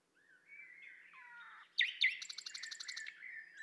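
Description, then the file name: Common nightingale song: soft whistles, two loud slurred notes, then a fast rattling series of repeated high notes. "Luscinia megarhynchos"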